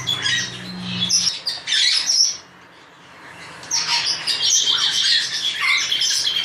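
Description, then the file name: Australian ringneck: port Lincoln parrot calls, harsh high chattering bursts, a brief pause midway, with a low hum at the start. A pair of Port Lincoln parrots. "psittacoms couple de perruche port lincoln barnardius zonarius"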